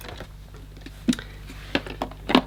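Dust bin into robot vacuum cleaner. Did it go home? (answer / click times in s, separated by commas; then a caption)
no / none. The plastic dust bin is being handled as it is pushed back toward a Dyson 360 Eye robotic vacuum cleaner, producing a few short plastic knocks and bumps over a quiet background hum. The bin has not seated or clicked into position yet when the clip ends.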